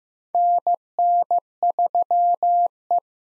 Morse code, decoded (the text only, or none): NN3E